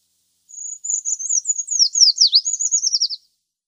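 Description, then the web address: Eurasian treecreeper singing one thin, very high phrase of nearly three seconds, beginning with a held tone and breaking into fast twittering notes that waver down and up again. "Schulze Peter Eurasian Treecreeper song"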